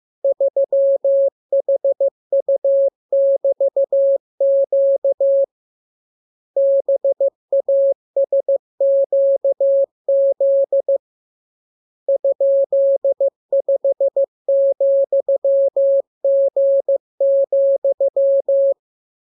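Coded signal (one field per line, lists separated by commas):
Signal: Morse code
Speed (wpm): 15 wpm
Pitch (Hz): 550 Hz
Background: none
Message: 3HU<BT>Q BASQZ ?5,G,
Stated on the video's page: Morse receiving lesson 32; radiogram opens with VVV and section sign, ends with AR.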